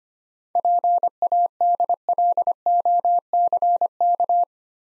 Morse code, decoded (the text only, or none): PADLOCK